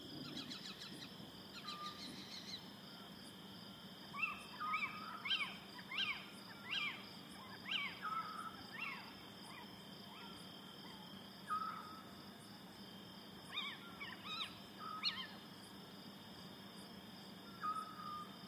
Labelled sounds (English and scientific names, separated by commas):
Eurasian Scops Owl (Otus scops)